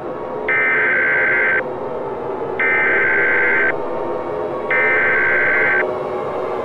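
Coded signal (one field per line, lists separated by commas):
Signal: Emergency Alert System (SAME) tones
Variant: header bursts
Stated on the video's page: Fictional EAS scenario about an Alaska blizzard; tones are valid and can activate EAS systems.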